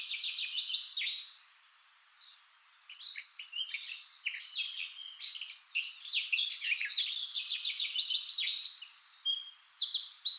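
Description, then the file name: Eurasian blackcap song, a fast, rich chattering warble of varied notes. It pauses briefly near two seconds, then runs on continuously and grows louder toward the end. "Sylvia atricapilla"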